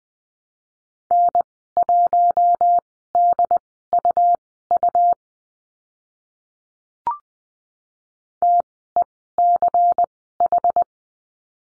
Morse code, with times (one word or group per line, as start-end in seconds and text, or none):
1.1-5.1 N1DUU
8.4-10.8 TECH